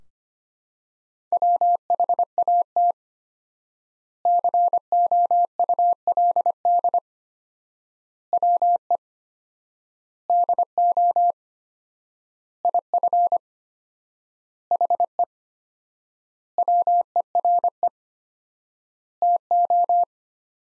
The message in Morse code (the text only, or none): WHAT COULD WE DO IF HE WERE TO